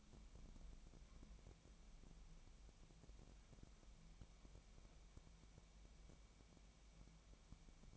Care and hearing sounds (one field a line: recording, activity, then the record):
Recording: daily activity, microphone in the room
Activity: wipe stove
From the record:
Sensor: 1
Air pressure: 1003.3 hPa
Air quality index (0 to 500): 199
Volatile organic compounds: 6 ppm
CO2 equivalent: 1911 ppm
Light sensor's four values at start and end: 9/21/9/10 and 9/21/9/10